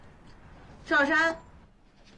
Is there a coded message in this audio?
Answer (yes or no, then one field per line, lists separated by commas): no